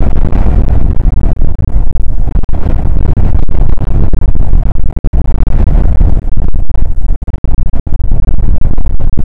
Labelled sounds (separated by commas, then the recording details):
wind
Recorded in the Prudhoe Bay oil fields, Alaska, on 19 July 2019 at 00:05
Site 25